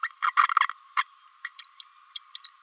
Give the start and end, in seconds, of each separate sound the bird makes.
0.22-0.33, 0.60-0.68, 0.96-1.04, 1.44-1.51, 1.59-1.67, 1.80-1.88, 2.15-2.23, 2.35-2.52